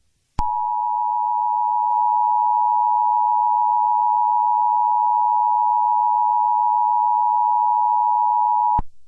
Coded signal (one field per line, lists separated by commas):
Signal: Emergency Alert System (SAME) tones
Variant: 853 and 960 Hz attention tone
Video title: EAS Scenario #1: The Jersey Devil